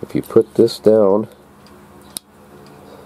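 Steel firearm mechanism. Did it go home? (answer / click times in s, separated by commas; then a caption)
yes / 2.2 s. Someone talks briefly, then a Colt-style revolver's hammer is lowered into its resting position on the frame, giving a single sharp metallic click at 2.2 s. The click marks the action locking up, with the hammer seated in its locked resting position.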